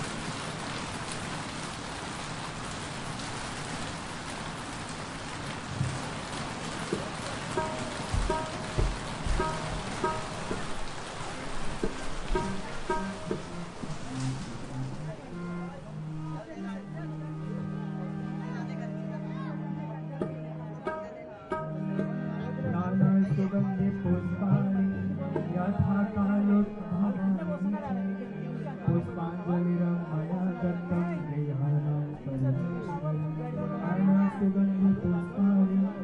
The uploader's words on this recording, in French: Bienvenue en Inde où la Mousson et la pûjâ (prière) du soir le long du Gange, se font entendre...